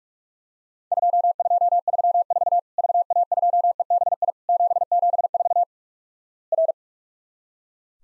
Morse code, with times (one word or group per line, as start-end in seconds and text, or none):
0.9-2.6 2234
2.8-4.3 VA2EBI
4.5-5.6 774
6.5-6.7 R